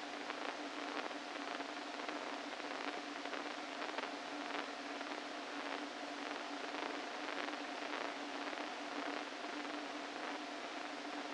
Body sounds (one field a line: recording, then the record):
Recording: brain microelectrode recording played as sound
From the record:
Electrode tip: inside the subthalamic nucleus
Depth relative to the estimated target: -1 mm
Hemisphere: left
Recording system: NeuroSet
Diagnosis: Parkinson's disease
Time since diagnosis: 13 years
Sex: male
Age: 49 years